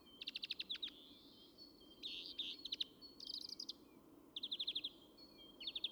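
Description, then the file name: European greenfinch twittering song of quick repeated trills in bursts, with a short harsh buzzy note around two seconds in and several rattling runs after. "Chloris chloris"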